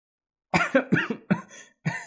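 A teenage boy laughs loudly and coughs up blood in a rough, uneven run of about five loud bursts, each harsh and breathy with a voiced edge, separated by short gaps and heard alone without talk.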